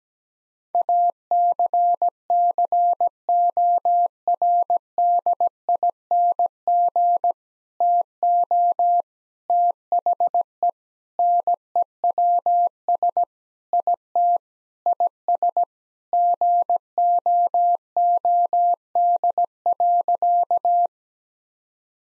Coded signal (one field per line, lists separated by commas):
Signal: Morse code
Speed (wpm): 17 wpm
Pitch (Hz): 700 Hz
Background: none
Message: ACCORDING TO THE NEWS IT IS GOOD.